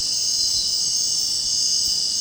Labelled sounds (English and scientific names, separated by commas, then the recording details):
none
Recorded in dense forest near Puerto Asís, Putumayo, Colombia, on 25 June 2025 at 20:00
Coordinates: 0.499, -76.324
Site G100